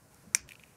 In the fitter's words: Tu peux y aller, tu vas même entendre un petit clic sur lequel on a travaillé pour te confirmer qu'elle est fermée.